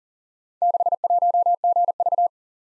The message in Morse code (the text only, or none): 61GV